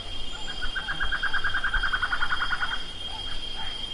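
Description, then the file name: Bird delivering a rapid, steady trill of repeated short notes lasting over two seconds, then scattered faint notes amid background hiss. "SABIOD 50 bird 2015"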